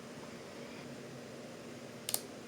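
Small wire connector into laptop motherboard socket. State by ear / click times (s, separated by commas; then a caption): seated / 2.1 s. A very small wire connector (fan/antenna lead) is pushed down onto its socket on the motherboard of a 6-year-old Acer Predator Helios 300 laptop, against a steady low background hum. Two quick, sharp clicks land close together at 2.1 s and 2.1 s as the connector seats.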